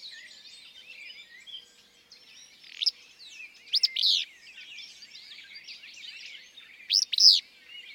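Willow flycatcher song: a few short, sneezy, buzzy bursts standing out above fainter background twittering.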